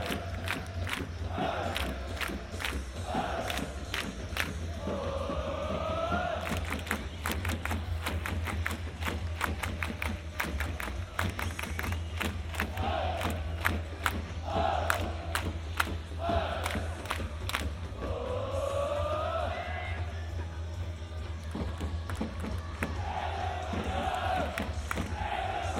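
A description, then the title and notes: A stadium crowd at a football derby chants in rising, repeated phrases over dense, rhythmic clapping and drumming, with a steady low rumble underneath. My first binaural recording.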